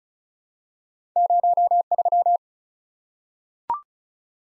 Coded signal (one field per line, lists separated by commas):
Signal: Morse code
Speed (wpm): 36 wpm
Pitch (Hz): 700 Hz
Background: none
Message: 03